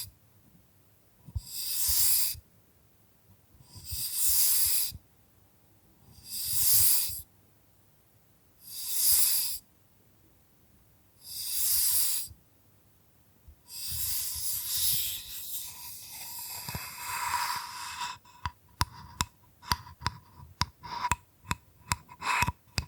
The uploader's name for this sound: Bamboo Tapping, Scratching and Brushing Sounds